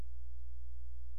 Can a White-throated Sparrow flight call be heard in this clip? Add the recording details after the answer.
no. No flight call is heard. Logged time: 00:15 on 16 September 2014